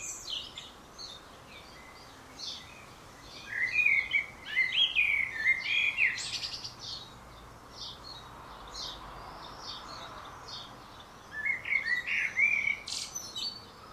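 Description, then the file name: Common blackbird singing two warbled phrases ending in thin, squeaky twitters, separated by a long pause, over steady background hiss. "Turdus merula"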